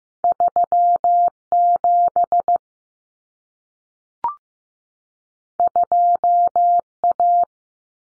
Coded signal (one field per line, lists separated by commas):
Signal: Morse code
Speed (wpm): 15 wpm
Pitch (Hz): 700 Hz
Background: none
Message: 37 2A